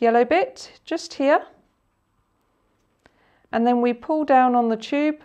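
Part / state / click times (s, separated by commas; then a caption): butterfly needle safety shield sliding over the needle / not seated / none. Someone talks while taking hold of the very bottom of the yellow plastic safety part of a butterfly needle set, getting ready to pull the tube so the safety shield slides over the needle and locks. A faint, brief tick is heard around 3.1 s during a pause in the talking. The shield has not clicked or locked yet.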